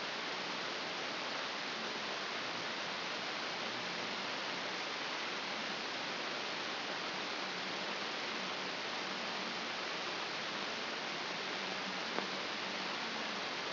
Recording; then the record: brain microelectrode recording played as sound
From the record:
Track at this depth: inside the subthalamic nucleus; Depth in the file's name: 4.717 mm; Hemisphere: left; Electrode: 2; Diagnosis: Parkinson's disease